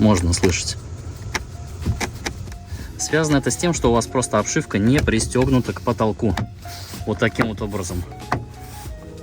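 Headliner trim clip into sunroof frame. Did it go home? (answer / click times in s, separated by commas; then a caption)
yes / 8.3 s. On a Changan Uni-S, the loose headliner trim around the sunroof opening, not fastened to the roof, is pressed by hand until its plastic clip snaps onto the roof frame. Someone talks throughout over faint background music, and a sharp single click lands at 8.3 s. The clip is seated.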